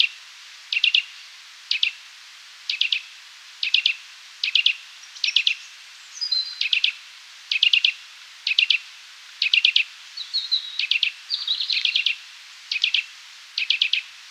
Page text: Eurasian Nuthatch Calls. Quick Sounds